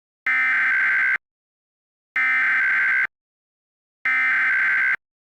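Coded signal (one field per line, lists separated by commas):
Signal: Emergency Alert System (SAME) tones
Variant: header bursts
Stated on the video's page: Fictional EAS scenario containing valid SAME tones.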